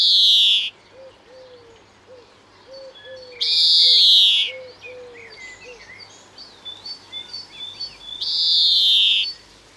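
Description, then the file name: European greenfinch calls: loud nasal buzzy wheezes about a second long, three times, with soft twitters between and a low piping bird calling repeatedly. "Chloris chloris"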